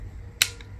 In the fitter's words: Donc là, on entend le clac, la petite pièce ici qui vient se bloquer.